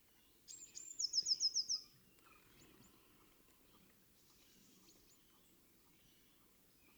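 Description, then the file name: Eurasian blue tit gives a single high song phrase, thin opening notes then a quick trill of about six notes, followed by faint background chirps. "Cyanistes caeruleus"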